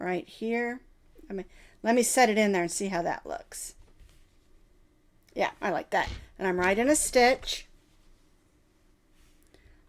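Someone talks while setting the second safety eye into a stitch on a crocheted Christmas tree stuffie pillow, positioning it before pushing the back on. Only speech and a few faint, soft handling ticks near the end are heard. The back has not snapped on yet.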